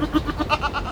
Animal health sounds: contact call of a hoofed animal; goat; low-frequency (closed-mouth) or high-frequency (open-mouth) call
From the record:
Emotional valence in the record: negative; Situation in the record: short social isolation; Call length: 0.92 s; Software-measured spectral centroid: 2090 Hz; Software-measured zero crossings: 1640 a second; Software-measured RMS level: -23 dBFS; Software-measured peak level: -6 dBFS

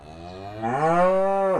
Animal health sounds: contact call of a hoofed animal; cattle; low-frequency (closed-mouth) or high-frequency (open-mouth) call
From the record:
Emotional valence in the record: negative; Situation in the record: full separation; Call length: 1.60 s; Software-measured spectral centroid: 1170 Hz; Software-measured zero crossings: 1410 a second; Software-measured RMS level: -23 dBFS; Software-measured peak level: -8 dBFS

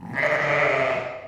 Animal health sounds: contact call of a hoofed animal; sheep; low-frequency (closed-mouth) or high-frequency (open-mouth) call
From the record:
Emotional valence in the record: positive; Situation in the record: reunion with pen mate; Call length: 1.28 s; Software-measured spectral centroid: 1710 Hz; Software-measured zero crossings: 2290 a second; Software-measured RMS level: -23 dBFS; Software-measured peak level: -9 dBFS

